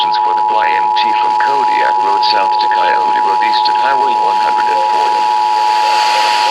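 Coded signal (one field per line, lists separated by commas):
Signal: Emergency Alert System (SAME) tones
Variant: 853 and 960 Hz attention tone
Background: speech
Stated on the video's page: Mistaken statewide Immediate Evacuation alert for Oregon, meant for Klamath County, received on home equipment and relayed by local stations.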